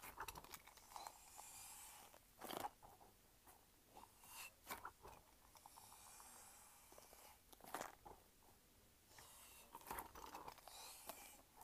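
A light-up ball is squished and shaken, making a run of short rubbery squeaks, rustles and soft clicks. Sharper crackling bursts land near 2.5, 4.5, 7.8 and 10 seconds over a faint, steady hiss, with quieter handling sounds in between.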